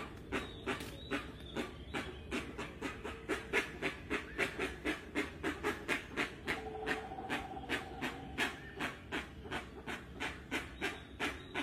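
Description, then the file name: Rusty-margined guan song: a long series of rapid breathy pulses, between three and four per second, with a soft steady tone midway. "Canto da jacupemba"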